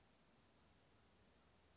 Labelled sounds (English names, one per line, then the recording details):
Western Flycatcher
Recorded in Sonoma County, California